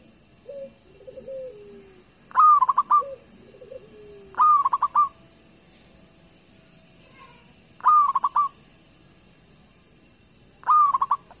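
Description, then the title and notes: Zebra dove song: brief rapid coo trills recurring every few seconds, with lower gliding notes near the start. Local (lokal) zebra dove singing. "Kicau Perkutut Lokal 1. Kicau Burung Perkutut"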